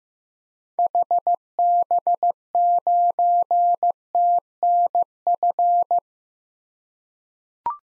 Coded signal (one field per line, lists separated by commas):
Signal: Morse code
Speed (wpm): 15 wpm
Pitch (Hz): 700 Hz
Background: none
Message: HB9TNF